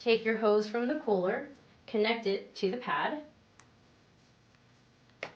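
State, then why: Not seated. Someone talks as the hose from an Aircast cryo cooler is brought to the knee cuff cold therapy pad, with its connector pushed toward the pad's port. After the talking, faint handling ticks are heard, and a sharper one comes right at the end. Nothing has seated or clicked into place yet.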